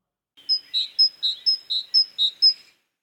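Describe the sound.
Great tit song: clear two-note phrases, a high note then a slightly lower one, repeated about four times in just over two seconds and ending on a high note, with no other sound.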